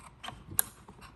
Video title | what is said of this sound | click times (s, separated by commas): 스팀팟 스팟히터X 무시동히터 배기열보일러 모듈 장착법 설명 동영상 무시동히터 보일러 @스팀팟보일러 #무시동히터 # 스팀팟 # 스팟히터X # 스팟히터 무시동히터 배기열보일러 | 딸깍 소리가 나는 결합이 끝났습니다 | 0.6 s